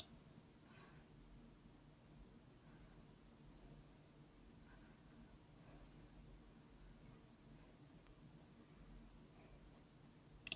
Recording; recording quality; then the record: shallow breathing; moderate, slight background noise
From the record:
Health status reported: healthy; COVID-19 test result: not tested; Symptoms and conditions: none ticked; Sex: female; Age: 29 years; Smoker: not ticked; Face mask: not worn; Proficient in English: yes